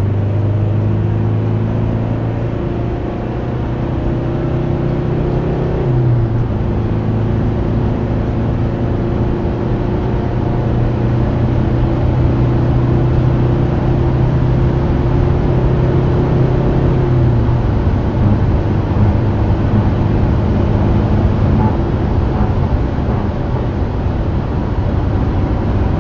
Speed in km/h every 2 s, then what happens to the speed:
101, 119, 134, 146, 155, 161, 165, 176, 182, 186, 186, 192, 193.
0-22 speeds up to 192.